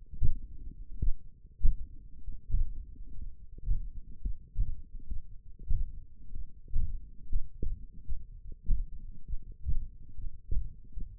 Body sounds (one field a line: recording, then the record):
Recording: forearm muscle sounds (acoustic myography)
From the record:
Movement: finger pinch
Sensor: system 1, eight BSWA MPA416 microphones around the upper forearm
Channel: 4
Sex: male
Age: 21 years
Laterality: right